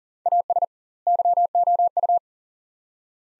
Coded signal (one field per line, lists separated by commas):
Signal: Morse code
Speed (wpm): 39 wpm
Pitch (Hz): 700 Hz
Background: none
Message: AS YOU